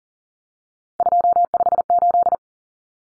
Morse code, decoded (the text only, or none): 258